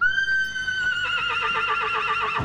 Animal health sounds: contact call of a hoofed animal; horse; whinny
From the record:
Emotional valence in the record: negative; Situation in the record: separation from one group member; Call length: 2.5 s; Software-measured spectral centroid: 2100 Hz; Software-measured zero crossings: 3500 a second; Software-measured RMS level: -24 dBFS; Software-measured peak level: -11 dBFS

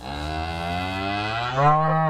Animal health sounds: contact call of a hoofed animal; cattle; low-frequency (closed-mouth) or high-frequency (open-mouth) call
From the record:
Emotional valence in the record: negative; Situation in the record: full separation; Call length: 2.1 s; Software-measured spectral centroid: 1650 Hz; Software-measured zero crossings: 2240 a second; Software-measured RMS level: -23 dBFS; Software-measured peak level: -6 dBFS

